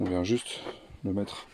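A man talks while the swivel cab seat of a 2020 Rimor Horus 45 motorhome is being turned back toward the driving position, to be pushed against its stop so the lock latches into the seat base. Only speech is heard, with no distinct mechanical sound. Nothing has seated or clicked yet.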